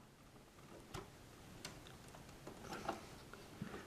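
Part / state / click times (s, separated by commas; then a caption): RAM module into motherboard DIMM slot / not seated / none. A memory (RAM) module is pressed into a motherboard DIMM slot with both thumbs, giving a few faint, short ticks and taps over a quiet background. The first push does not seat it, and nothing has clicked in yet.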